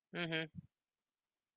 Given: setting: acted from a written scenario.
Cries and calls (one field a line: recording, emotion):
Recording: vocal sound without words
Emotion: neutral